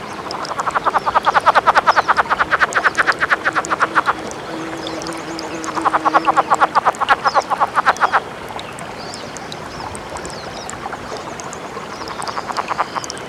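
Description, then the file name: Cascades frog encounter calls: rapid trains of clucking pulses in two bursts of a few seconds each and a shorter one at the end, separated by quieter gaps. "rcascadae 5 encounters"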